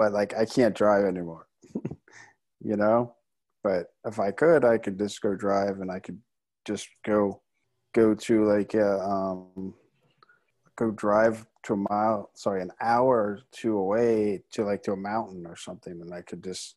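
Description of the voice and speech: Halting speech from an adult stroke survivor with aphasia, with long pauses, restarts and stretched fillers while searching for words. Getting the words out is difficult, which makes talking with people frustrating.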